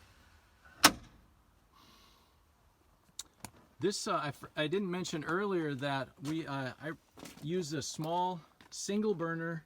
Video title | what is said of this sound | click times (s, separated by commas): CampMaker Van for Sale 5-2-21 | and then it just clicks into place | 0.9 s